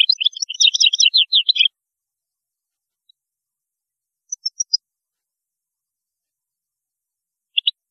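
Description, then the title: European goldfinch song: a fast, dense twittering phrase, then a few scattered high thin notes and two final short chips. "Chant Chardonneret"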